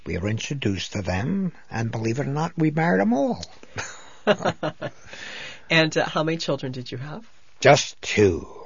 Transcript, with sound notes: We were introduced to them and, believe it or not, we married them all. ( they laugh )
And how many children did you have?
Just two,